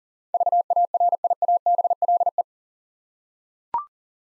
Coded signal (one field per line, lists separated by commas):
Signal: Morse code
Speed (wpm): 40 wpm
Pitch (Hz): 700 Hz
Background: none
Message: VARIABLE